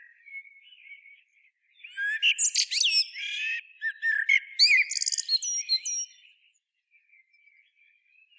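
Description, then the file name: Common blackbird giving a single long, jumbled phrase of chirps, squeaks and thin rising whistles, framed by faint soft warbling before and after. "Turdus merula"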